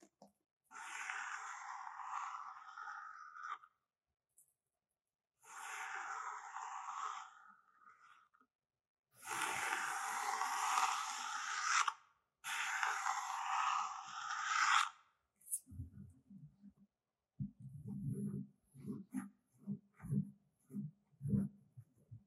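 Objects are scratched one after another: four long, dense raspy bursts of a few seconds each fill the first fifteen seconds, with short pauses between. After that come shorter, lower scratches and taps at an irregular pace, ending in quick repeated strokes.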